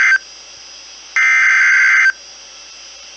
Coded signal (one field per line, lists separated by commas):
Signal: Emergency Alert System (SAME) tones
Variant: header bursts